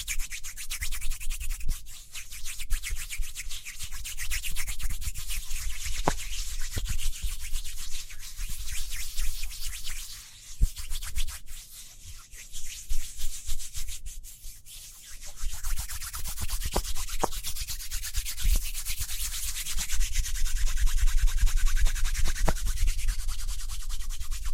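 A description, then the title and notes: Speedy hand sounds: fast, dense rubbing and scratching that stays bright and hissy throughout, with a steady low rumble underneath. Brief dips occur around 10 and 15 seconds, and the rubbing grows louder and busier after 20 seconds, with small sharp ticks scattered through. ASMR Speedy Hand Sounds (No Talking).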